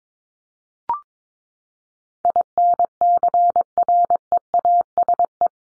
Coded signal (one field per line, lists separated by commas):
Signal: Morse code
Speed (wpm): 22 wpm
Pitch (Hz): 700 Hz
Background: none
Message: INCREASE